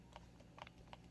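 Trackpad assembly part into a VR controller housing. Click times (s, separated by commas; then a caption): 0.6 s, 0.9 s. During reassembly of an HTC Vive VR controller, a plastic trackpad assembly part is pressed down into the controller housing until it snaps into place. Short, sharp clicks sound over a low background hum, with the part clicking into place at 0.6 s and 0.9 s. The part is fully seated.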